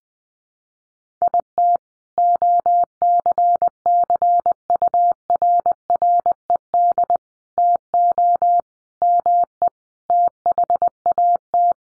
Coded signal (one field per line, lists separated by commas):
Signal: Morse code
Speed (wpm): 20 wpm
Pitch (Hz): 700 Hz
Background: none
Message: IT OCCURRED TO ME THAT